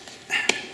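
A new paper oil filter element for a 2011–2020 Dodge Grand Caravan 3.6 V6 is pressed into the plastic oil filter housing lid. After a brief rising rustle of pressure, a sharp snap at 0.5 s marks the element seating in the cap.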